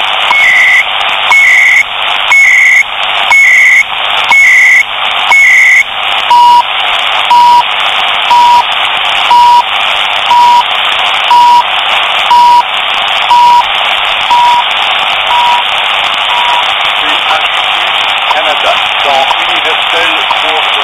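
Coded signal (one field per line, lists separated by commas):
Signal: radio time signal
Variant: CHU Canada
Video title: CHU TIME SIGNAL STATION CANADA 7850 KHz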